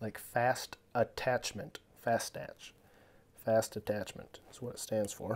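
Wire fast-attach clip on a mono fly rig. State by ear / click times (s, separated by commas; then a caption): not seated / none. A small wire fast-attach clip is being handled on a mono fly rig, about to be threaded through the rig loop and closed to lock. Someone talks throughout, with only faint handling noise between phrases. Nothing has seated or clicked yet.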